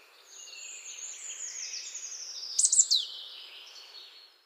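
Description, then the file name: Marsh tit calls: a rapid cluster of sharp, high notes sliding downward midway through. "Poecile palustris"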